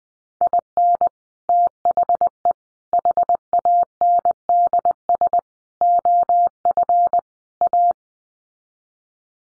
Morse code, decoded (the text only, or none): IN THE HANDS OF A